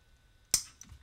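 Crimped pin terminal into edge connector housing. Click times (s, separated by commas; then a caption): 0.5 s. A crimped pin terminal is pushed into an edge connector housing for an Atari Asteroids Deluxe Cabaret arcade machine. It snaps in with a loud, sharp click at 0.5 s, followed by a faint tick near 0.8 s. The terminal is seated in the housing.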